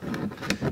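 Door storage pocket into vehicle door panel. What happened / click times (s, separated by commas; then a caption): The panel pocket's clips snapped home / 0.1 s, 0.5 s. A door storage pocket is pressed into a Jeep door panel, and its clips pop into place with sharp clicks at 0.1 s and 0.5 s over a low rumbling background. The pocket is seated.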